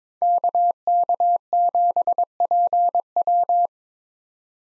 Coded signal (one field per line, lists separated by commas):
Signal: Morse code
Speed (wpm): 22 wpm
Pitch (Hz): 700 Hz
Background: none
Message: KK7PW